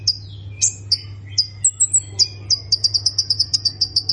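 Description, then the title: Plain prinia song opening with scattered sharp notes and a thin high whistle, then a rapid even train of repeated chips; a low steady hum throughout. "Ciblek Sawah"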